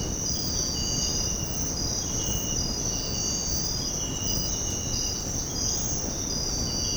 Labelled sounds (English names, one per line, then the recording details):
none
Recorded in secondary vegetation near Puerto Asís, Putumayo, Colombia, on 13 March 2025 at 06:00
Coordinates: 0.481, -76.318
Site G097